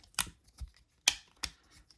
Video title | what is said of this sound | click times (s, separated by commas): Age of the primes four pack review and transformation | Just click into place, peg it in, and there you go. | 1.1 s, 1.4 s